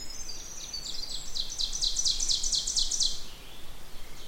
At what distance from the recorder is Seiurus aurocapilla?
about 25 m